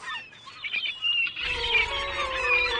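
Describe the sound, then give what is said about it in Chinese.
Crows and seagulls calling, a run of harsh, high squawks and cries that overlap steadily, with a low rumbling wash joining in about halfway through. “喂啲乌鸦唔可以行开啊，啲海鸥唔好再屙督嘢落嚟啦，系因为我发觉咧要转下啲音乐，有啲、 啊、 因为啲 library 有啲新嘅音乐咧”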